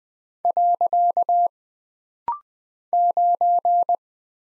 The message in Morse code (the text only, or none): . 9